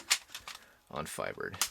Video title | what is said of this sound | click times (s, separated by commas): Brave Fighter of Sun Fighbird - Great Fighbird | you can see there's a white connector bit right there it's just going to snap into place on fiber | 0.1 s